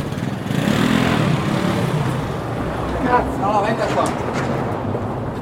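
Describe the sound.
Loud, steady roar of cars passing through a tunnel, heard while going along the tunnel, a broad engine rumble that swells and fades, with indistinct voices briefly audible over the noise.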